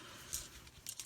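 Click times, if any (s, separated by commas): 0.3 s, 0.9 s, 1.0 s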